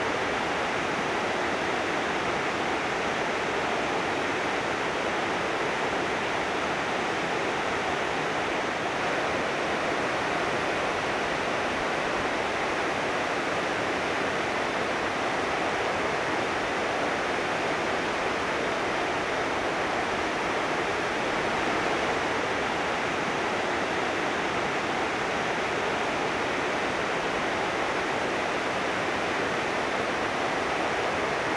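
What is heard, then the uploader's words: Water rushes through a dam in a dense, unbroken roar, steady for the whole stretch, with a full hiss over a softer low rumble. The Rushing Water of the Dam.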